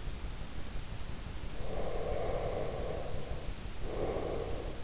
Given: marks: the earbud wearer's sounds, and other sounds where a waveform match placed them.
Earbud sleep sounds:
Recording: sounds in sleep by an in-ear microphone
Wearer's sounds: breath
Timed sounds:
1.50-4.79 s: breath

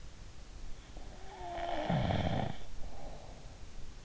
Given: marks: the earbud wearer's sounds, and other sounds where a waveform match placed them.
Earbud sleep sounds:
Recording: sounds in sleep by an in-ear microphone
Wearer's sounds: snoring breath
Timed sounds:
0.68-3.59 s: snoring breath

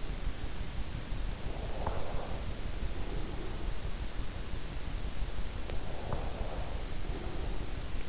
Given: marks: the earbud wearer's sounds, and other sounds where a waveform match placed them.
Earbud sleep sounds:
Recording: sounds in sleep by an in-ear microphone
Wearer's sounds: breath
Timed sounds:
1.04-3.71 s: breath
5.17-7.81 s: breath

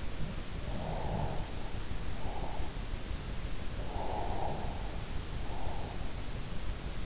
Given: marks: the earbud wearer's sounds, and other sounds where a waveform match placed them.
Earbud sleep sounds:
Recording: sounds in sleep by an in-ear microphone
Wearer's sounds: breath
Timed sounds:
0.36-1.69 s: sound from someone else or the room
2.16-2.78 s: breath
3.92-5.92 s: breath

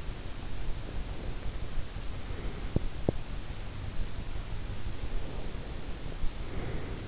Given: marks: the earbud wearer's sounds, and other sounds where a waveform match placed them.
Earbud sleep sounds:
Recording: sounds in sleep by an in-ear microphone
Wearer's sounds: breath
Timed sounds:
0.49-3.25 s: breath
2.62-3.25 s: sound from someone else or the room
4.95-7.08 s: breath

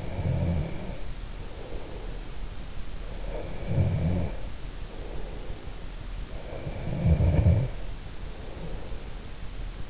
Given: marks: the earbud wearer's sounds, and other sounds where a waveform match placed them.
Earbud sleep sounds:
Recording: sounds in sleep by an in-ear microphone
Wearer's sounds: snoring breath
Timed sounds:
0.00-1.93 s: snoring breath
3.39-5.59 s: snoring breath
6.79-9.36 s: snoring breath

